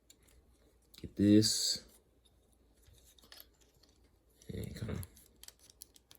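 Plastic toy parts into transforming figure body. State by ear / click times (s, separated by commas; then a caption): seated / 5.8 s. Someone talks while plastic parts of a transforming toy figure are tucked up into place in its body, with brief rustling and handling sounds. The parts snap together with a sharp click at 5.8 s, and they are seated.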